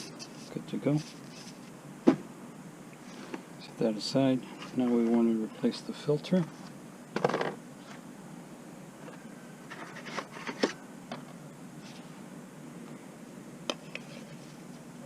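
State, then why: Not seated. During an Audi A4 oil change done with a vacuum pump, a new oil filter element is handled and brought to its filter housing cap while someone talks, with a few short sharp knocks and taps between the speech. Nothing has seated or clicked into place yet; the filter element is not yet home when the clip ends.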